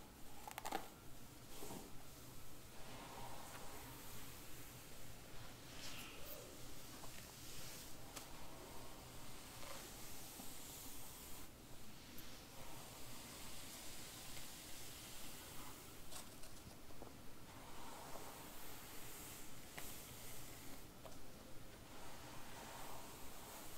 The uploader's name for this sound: ASMR Classic hair brushing, hair play & back scratch with … (whisper, hair sounds)